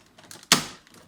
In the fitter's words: and clicked in place. Okay,